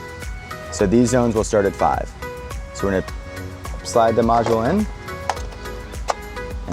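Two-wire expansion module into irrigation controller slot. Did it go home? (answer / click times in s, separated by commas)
yes / 6.1 s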